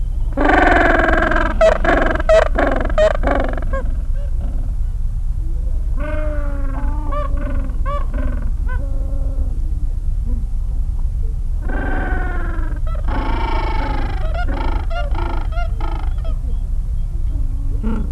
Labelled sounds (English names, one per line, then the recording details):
Gentoo Penguin
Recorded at the colony at Neko Harbor, Antarctica, on 26 January 2015
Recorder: Song Meter SM2+